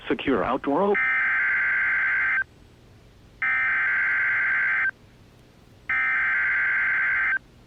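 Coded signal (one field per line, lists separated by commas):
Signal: Emergency Alert System (SAME) tones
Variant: header bursts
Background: speech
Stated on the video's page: EAS tones for a severe thunderstorm warning.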